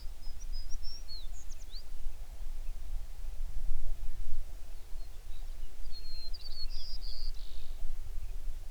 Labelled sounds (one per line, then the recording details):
songbird
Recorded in the Prudhoe Bay oil fields, Alaska, on 11 June 2019 at 04:59
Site 21